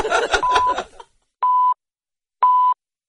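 Radio time signal beeps on DBC radio: after a brief burst of dense sound, two loud, steady mid-pitched tones sound about a second apart, each lasting roughly a third of a second.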